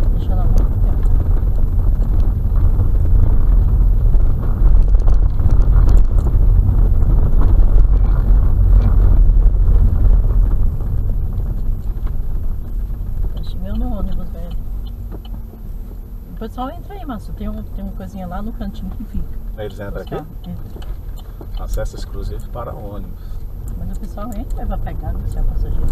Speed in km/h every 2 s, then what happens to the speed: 19, 21, 23, 24, 23, 13, 9, 9, 9, 8, 8, 9, 12.
0-7 steady at about 21. 7-13 slows to 9. 13-26 steady at about 9.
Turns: none.